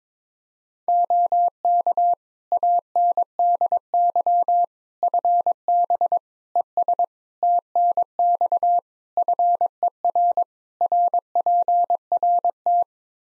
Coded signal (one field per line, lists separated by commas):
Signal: Morse code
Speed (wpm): 22 wpm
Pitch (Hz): 700 Hz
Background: none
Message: OK ANDY FB ES TNX FER RPRT